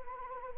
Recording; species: mosquito wingbeat signal from an infrared sensor; Anopheles arabiensis